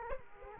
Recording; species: mosquito wingbeat signal from an infrared sensor; Aedes aegypti